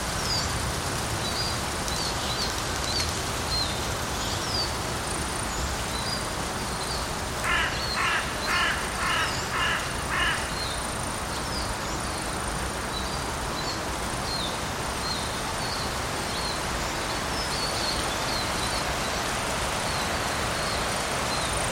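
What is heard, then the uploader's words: A forest soundscape with a steady hiss of wind, rustling leaves and soft rain running through the whole clip. Small birds chirp high and scattered throughout, and around seconds 7 to 11 a crow gives a quick series of harsh caws. Forest Soundscape from Kleinschwarzenlohe, Nuremberg. Field recording of Kleinschwarzenlohe Forest in Nuremberg, Germany. The weather was a bit windy with rustling leaves, and there was a soft rain. Recorded with Zoom F6, using Rode NT5 (+WS8) in ORTF configuration. Applied EQ to reduce wind and city noise.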